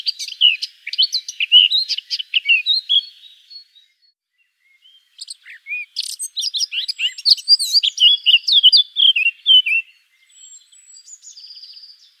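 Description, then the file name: Eurasian blackcap song: two bursts of scratchy warbling separated by a short silence, with a soft trailing phrase at the end. "Sylvia atricapilla"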